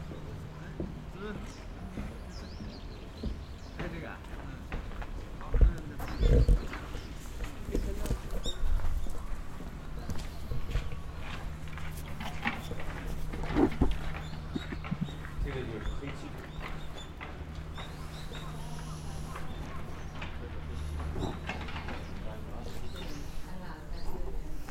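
A walk through Nijō Castle in Kyoto. A steady low hum runs the whole way under frequent, irregular clicks and knocks, with murmuring voices drifting in and out. A few sharper thumps stand out around the six-second mark.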